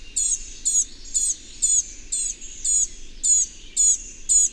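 Bird chirping: bright, high notes repeated roughly twice a second in a steady pattern over light hiss.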